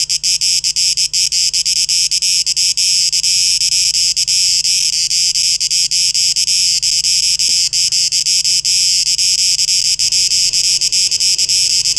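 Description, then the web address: Cicadas hum in a dense, unbroken high buzz, with fast flickering dips early on and a steadier tone later. Recorded 12 August 2023. "rauschpartikel 2023-08-12 Zikaden"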